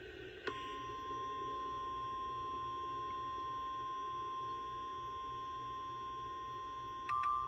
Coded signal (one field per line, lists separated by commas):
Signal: Emergency Alert System (SAME) tones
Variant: 1050 Hz attention tone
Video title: KEEPIN' IT 100!!! (L.S. EAS #100!!!!!) Severe Thunderstorm Warning